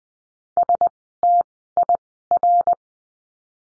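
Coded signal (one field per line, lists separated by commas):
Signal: Morse code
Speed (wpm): 20 wpm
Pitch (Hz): 700 Hz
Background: none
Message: STIR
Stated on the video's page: Morse lesson drill of words with letter D at Farnsworth speed 20/10 wpm.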